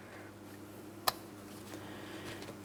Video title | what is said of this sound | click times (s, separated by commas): How to Replace Rear Wheel Bearing & Hub Assemblies 2003-2007 Cadillac CTS | Press it in. Listen for a click from that. | 1.1 s